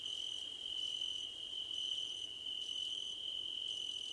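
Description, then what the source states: Cricket chirps: constant high trill beneath brief pulsed chirps recurring about every second. Crickets at night under a starlit sky.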